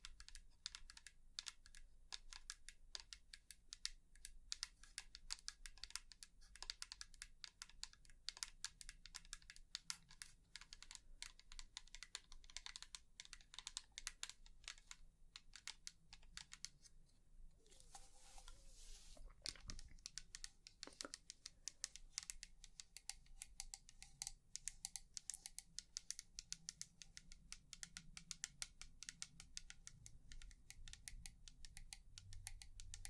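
Rapid, dense tapping runs through the whole recording like fast typing on a keyboard, with sharp clicks tumbling over one another at an irregular pace. Around seventeen to twenty seconds the tapping briefly thins out before resuming, over a faint low hum.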